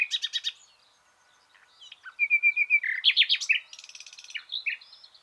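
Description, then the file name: Common nightingale singing a rapid burst of notes, a run of clear repeated whistles, then loud fast chattering notes and buzzy trills. "Luscinia megarhynchos"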